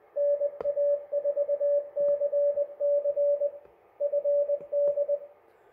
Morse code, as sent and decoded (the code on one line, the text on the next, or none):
-. .- ....- -.-. -.-. / ..-. -..
NA4CC FD